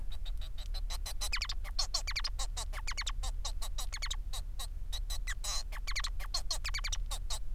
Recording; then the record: song of a male Bengalese finch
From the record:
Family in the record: son of father 4